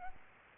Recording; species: mosquito wingbeat signal from an infrared sensor; Aedes aegypti